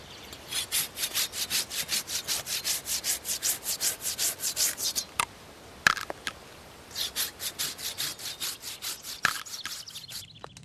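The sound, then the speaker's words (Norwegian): A hand saw cuts back and forth in quick, steady rasping strokes, stops briefly with a few sharp knocks, then resumes another short run of strokes before ending. “Saga!”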